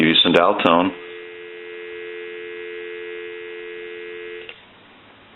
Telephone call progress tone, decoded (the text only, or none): dial tone